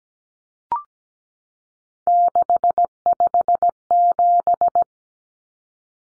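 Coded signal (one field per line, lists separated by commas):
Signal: Morse code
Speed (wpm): 17 wpm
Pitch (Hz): 700 Hz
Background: none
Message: 657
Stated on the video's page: Morse code practice of three-digit numbers at 17 wpm for head-copy.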